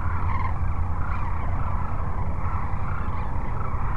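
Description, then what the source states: Sandhill crane flock, many birds calling at once in a wavering, rolling chorus over a deep continuous background rumble. Cochise Lakes, 30 January 2019.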